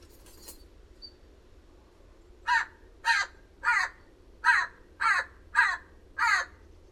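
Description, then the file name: Eurasian jay delivering a run of seven harsh, raspy screeches in quick succession, about one every two-thirds of a second, after a brief click and a faint chirp. "Garrulus glandarius"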